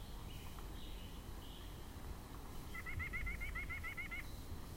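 White-breasted nuthatch giving a quick run of about ten nasal, evenly spaced notes lasting over a second, after thin high whistles from another bird, over low background rumble.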